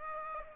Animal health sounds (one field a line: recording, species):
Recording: mosquito wingbeat signal from an infrared sensor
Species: Aedes aegypti